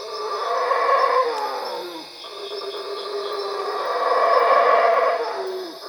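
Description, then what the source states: Howler monkey roaring: a rough, drawn-out roar that swells, dips briefly near the two-second mark, then rises again to a loud peak, with a steady high hiss behind. Recorded at Cuevas.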